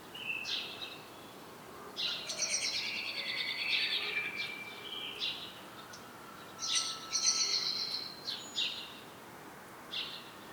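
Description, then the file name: Common blackbird singing two dense phrases of high, scratchy twittering, separated by a short quiet pause, with a few scattered notes before and after. "Turdus merula"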